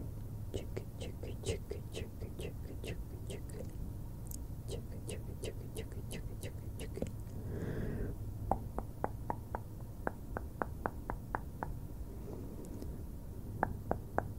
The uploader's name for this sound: CAMERA BRUSHING WITH TINGLY MOUTH SOUNDS